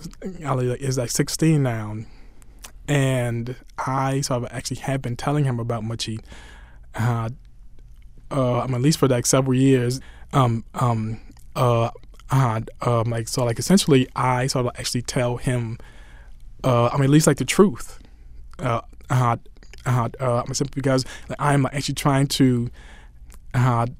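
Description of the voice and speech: An adult man talking with stretched sounds, repeated starts, 'um' blocks and frequent filler words: stuttering present since childhood, which grew much worse at age 9 after his brother committed a murder and persists in adulthood.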